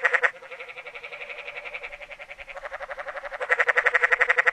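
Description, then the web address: Canyon treefrog calling with a long, rapid, buzzy pulsed trill, softer in the middle and louder again toward the end. "Natures Songs N America Songs of Frogs Toads of North America Canyon Treefrog"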